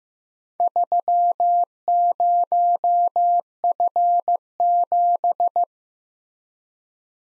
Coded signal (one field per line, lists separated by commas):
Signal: Morse code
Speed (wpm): 15 wpm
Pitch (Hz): 700 Hz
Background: none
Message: 30F7